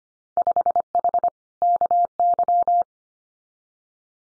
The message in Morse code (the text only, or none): 5H KY